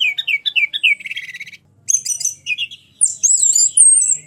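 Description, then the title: Orange-headed thrush song, a row of down-slurred whistles leading into a buzzy rattle, then warbled high notes and long wavering whistles. "anis_merah"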